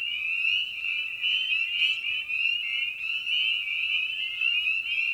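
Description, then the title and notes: Spring peeper chorus, a dense wall of high, rising peeps overlapping without pause, with fainter lower calls woven beneath. Evening at a frog pond. "Night of the Peepers. In this episode we return to the frog pond for a meditative evening. Species in Focus: Spring Peeper (Pseudacris crucifer). Ian Carlsen"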